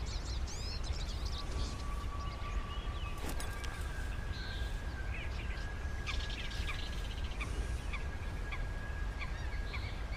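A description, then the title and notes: Birds chirp and trill over a steady low rumble of wind, with a thin sustained whistle tone and a sharp click near three seconds. The ambient sounds of the wilderness, wildlife, and weather.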